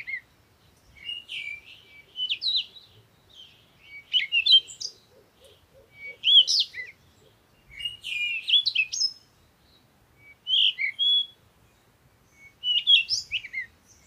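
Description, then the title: Birds singing, chirped and twittering phrases in repeated bursts, with a brief soft repeated low note midway. Morning birds recorded in nature while on vacation, used for a meditation. "Morning Birds Meditation - Spiritually Fit with Amelia Andaleon"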